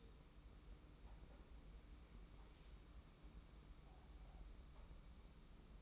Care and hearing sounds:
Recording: daily activity, microphone in the room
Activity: make coffee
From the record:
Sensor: 1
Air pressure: 991.7 hPa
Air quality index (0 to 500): 169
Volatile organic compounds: 1000 ppm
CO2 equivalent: 6374 ppm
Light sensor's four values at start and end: 33/109/42/44 and 33/109/42/44

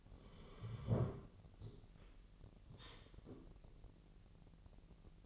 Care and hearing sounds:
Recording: daily activity, microphone in the room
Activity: sit down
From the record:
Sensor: 4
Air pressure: 1002.8 hPa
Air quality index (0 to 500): 249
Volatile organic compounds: 32 ppm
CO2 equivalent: 3005 ppm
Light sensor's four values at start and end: 10/24/10/10 and 10/24/10/10

